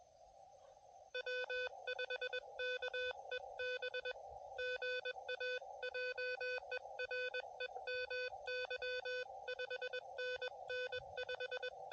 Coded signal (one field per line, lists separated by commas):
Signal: Morse code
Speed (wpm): 21 wpm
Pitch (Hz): 500 Hz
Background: none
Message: W5KEB GA JEREMY 5NN 5